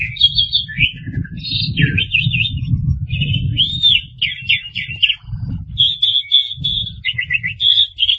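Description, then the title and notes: Starling song of varied whistled phrases, trills and slurred notes, over an intermittent low rumble. "suara burung jalak"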